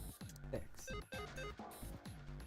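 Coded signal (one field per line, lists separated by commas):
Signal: none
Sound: game puzzle beeps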